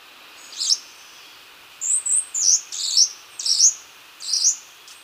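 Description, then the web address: Choco Warbler uttering a series of short, sharp high notes, one isolated then several in quick succession. Recorded in Ecuador. "Birds of Ecuador. Choco Warbler"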